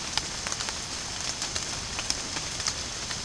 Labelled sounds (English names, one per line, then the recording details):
none
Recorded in dense forest near Puerto Asís, Putumayo, Colombia, on 25 June 2025 at 14:00
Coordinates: 0.486, -76.317
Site G065